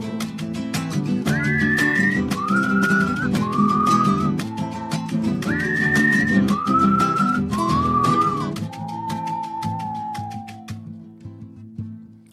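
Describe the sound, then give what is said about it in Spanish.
A person whistles to a bird, a clear, high melody of short descending notes, repeating the phrase twice before ending on one long, gently falling tone, over steady strummed music with light percussion. “Silbando y cantando al ave, en la noche que no hay ruido.”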